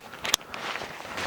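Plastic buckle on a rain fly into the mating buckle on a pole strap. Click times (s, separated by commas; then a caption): 0.3 s. A plastic side-release buckle on the back of a flat-bottom hammock's rain fly is snapped into its mating buckle on the strap where the tent poles are. A sharp click at 0.3 s, with the buckle seated, stands out among softer rustling and handling noise. A sharp hit follows right after.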